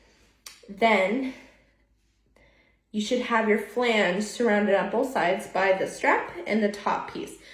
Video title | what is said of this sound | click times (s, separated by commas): Lactation Support Series: DIY Hands-Free Pumping Bra/Shirt | and then take the top strap that has the clip on it bring it down to snap in place | 0.5 s